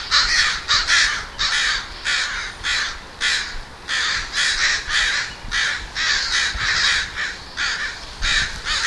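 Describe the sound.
Crows calling, loud grating caws repeated in quick succession, nearly two a second.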